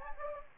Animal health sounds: mosquito wingbeat signal from an infrared sensor; Anopheles gambiae

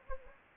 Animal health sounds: mosquito wingbeat signal from an infrared sensor; Anopheles gambiae

